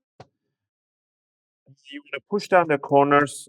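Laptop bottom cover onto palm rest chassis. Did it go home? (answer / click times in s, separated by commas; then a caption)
no / none. The cleaned plastic bottom cover of an ASUS VivoBook S S510UR-BR175T laptop is laid on top of the palm rest chassis and lined up, with a single short knock at about 0.2 s as it is set down. After a pause of about 1.5 seconds, someone talks. Nothing has snapped or clicked into place yet.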